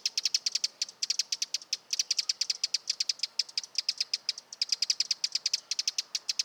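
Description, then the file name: Eurasian wren producing sharp, high ticking notes strung into fast rattling bursts, pausing briefly between runs; little else audible. Nominate subspecies Troglodytes troglodytes troglodytes. "Vogelstimme Zaunkoenig - Eurasian Wren - Troglodytes troglodytes troglodytes"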